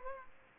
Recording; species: mosquito wingbeat signal from an infrared sensor; Culex pipiens